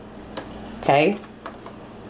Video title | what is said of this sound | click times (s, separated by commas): Home from Disney - Time to Sew the Guardian's of the Galaxy patch on my Jacket | so you can see I'm holding the tail in this hand and I'm just gently spinning it until it clicks | 0.4 s